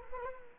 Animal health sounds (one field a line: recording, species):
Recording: mosquito wingbeat signal from an infrared sensor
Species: Culex quinquefasciatus